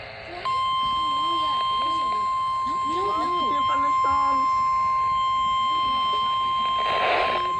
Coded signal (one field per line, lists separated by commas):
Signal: Emergency Alert System (SAME) tones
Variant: 1050 Hz attention tone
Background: speech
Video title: SVA #417 UPDATE #2 (EAS #27)